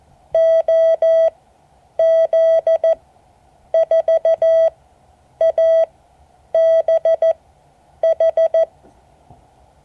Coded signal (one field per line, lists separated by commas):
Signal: Morse code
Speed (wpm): 14 wpm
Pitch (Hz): 650 Hz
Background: none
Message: OZ4ABH